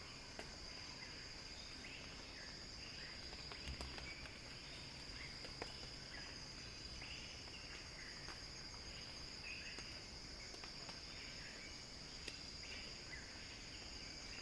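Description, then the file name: Cicada song, a continuous high-pitched buzz running the whole time, with soft chirping calls of other creatures and scattered clicks beneath it. Cicada song building in a crescendo. "earth-fm Axel-Drioli Cicada-Crescendo-Sounding-Wild"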